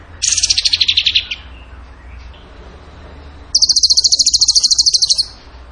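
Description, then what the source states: Bird sings a buzzy falling trill, then after a pause a higher, evenly pulsed rattling trill; low hum in the background. Bird song in the tembakan gacor style, used as masteran (training for other birds).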